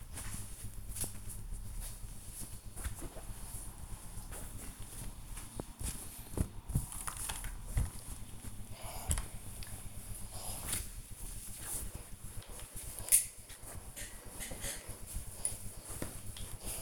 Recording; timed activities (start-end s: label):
household activities, microphone on the right wrist
0.00-16.82 s: ironing laundry